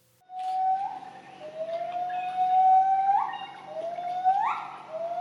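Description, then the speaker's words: Pileated gibbons duetting: long whistled notes, each swelling and sweeping upward at its end, repeated at irregular intervals. A mated pair singing a duet; the female was injured, kept in a rehabilitation center, and found a wild mate while recovering; duets accompany long-lasting pair bonds. "Here's a pair of pileated gibbons singing together."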